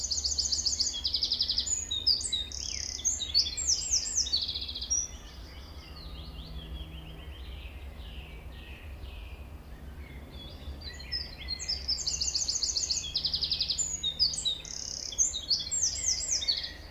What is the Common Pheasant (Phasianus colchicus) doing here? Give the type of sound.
call